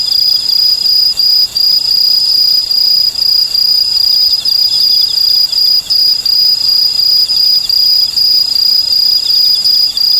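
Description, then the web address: Okame cricket chirping: quick repeated high chirps over a constant shrill insect drone. "sikioto insect okamekourogi"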